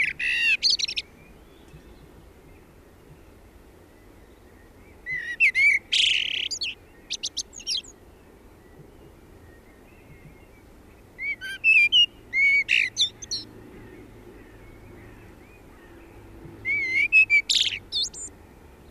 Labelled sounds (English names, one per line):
Common Blackbird song